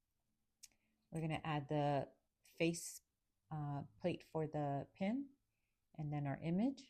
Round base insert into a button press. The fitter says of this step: And for the base, you will hear it click into place once it's in the correct spot.